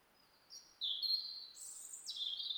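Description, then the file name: European robin song, a quick run of high thin whistled notes stepping between pitches, some sweeping down, within a couple of seconds over quiet hiss. "Erithacus rubecula"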